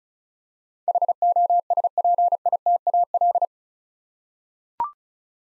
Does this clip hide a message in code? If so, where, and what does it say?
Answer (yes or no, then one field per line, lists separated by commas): yes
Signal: Morse code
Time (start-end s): 0.9-3.5 s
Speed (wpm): 34 wpm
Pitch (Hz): 700 Hz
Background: none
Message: HOSPITAL